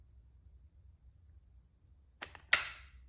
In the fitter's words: And you hear that click. It it feels like you strip something,